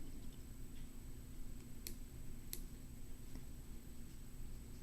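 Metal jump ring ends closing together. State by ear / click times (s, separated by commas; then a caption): seated / 1.9 s, 2.5 s. Two colored metal jump rings are closed with a twisting motion so their ends line up flush, over a steady low background hum. Two sharp ticks sound at 1.9 s and 2.5 s as the ring ends click together and close.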